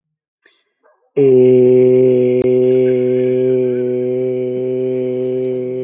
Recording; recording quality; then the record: sustained vowel as in made; excellent, no background noise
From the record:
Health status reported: healthy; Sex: male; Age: 35 years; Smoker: no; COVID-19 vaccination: both doses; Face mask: not worn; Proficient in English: yes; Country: India